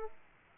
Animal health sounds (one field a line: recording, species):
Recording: mosquito wingbeat signal from an infrared sensor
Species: Aedes aegypti